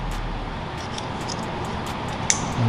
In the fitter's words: you hear it click